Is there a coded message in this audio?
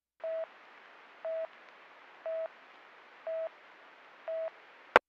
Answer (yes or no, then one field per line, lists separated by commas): no